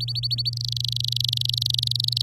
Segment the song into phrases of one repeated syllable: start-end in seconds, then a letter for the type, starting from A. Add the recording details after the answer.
0.00-0.50 A, 0.53-2.22 B. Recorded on 10 May 2018 at 11:44. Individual llb16